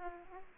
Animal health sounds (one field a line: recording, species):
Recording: mosquito wingbeat signal from an infrared sensor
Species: Aedes aegypti